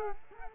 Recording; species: mosquito wingbeat signal from an infrared sensor; Culex quinquefasciatus